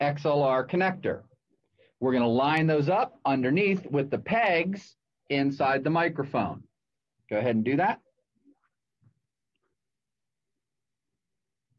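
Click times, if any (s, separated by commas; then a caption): none. Someone talks while a female XLR cable connector is lined up with the pegs inside a condenser microphone's socket before being pushed in, followed by a few faint soft sounds near the end. Nothing has seated or clicked yet.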